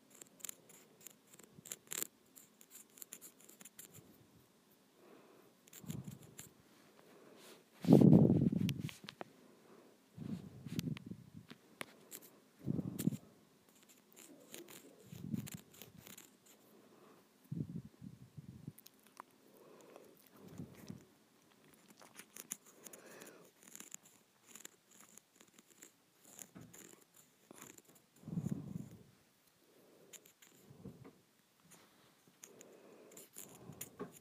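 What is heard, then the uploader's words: Scratching on a textured plastic surface comes in short separate strokes roughly every two to three seconds, each a low rasping scrape with a thin bright hiss above it. The loudest stroke lands near eight seconds. The gaps are near silent. ASMR Scratching a Textured Plastic.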